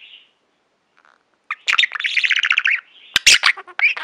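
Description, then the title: Budgerigar calls: a soft chirp, a pause, then a long buzzy rattling warble followed by sharp squeaky chirps. "Budgie Sounds"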